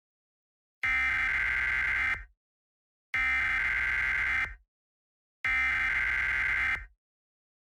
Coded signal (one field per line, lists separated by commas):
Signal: Emergency Alert System (SAME) tones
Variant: header bursts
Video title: eas heat all clear.